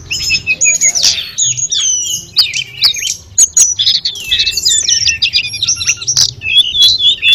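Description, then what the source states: Sunda robins singing, high sliding whistles and fast twittering phrases from several birds, with scattered clicking sounds. Five birds singing together.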